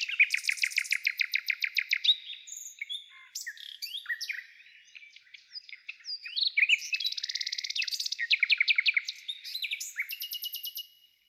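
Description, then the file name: Nightingale song with loud repeated staccato notes, rich trills and quick buzzy rattles, the phrases changing every few seconds. "solovei"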